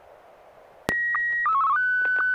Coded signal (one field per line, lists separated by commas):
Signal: SSTV (slow-scan television)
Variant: Martin 1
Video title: N6NA SSTV Net - 12/02/2020